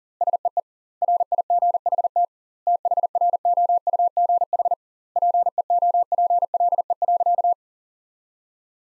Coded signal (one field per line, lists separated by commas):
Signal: Morse code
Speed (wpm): 40 wpm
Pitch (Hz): 700 Hz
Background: none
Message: SEE RIGHT THROUGH PEOPLE.